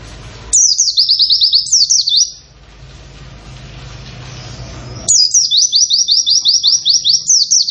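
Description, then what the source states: White-eye with quick repeated high chirping phrases, a short burst then a longer run of evenly spaced sliding notes after a quiet interval; low hum behind. Long, rapid "wit wit wit" song style; singing bird described as in full voice.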